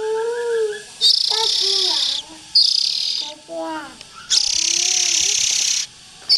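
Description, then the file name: Oriental magpie-robin giving several hissing rasps, two of them long, alternating with lower, tonal, wavering sounds in the gaps. Young birds. "Tieng chim chich choe than non"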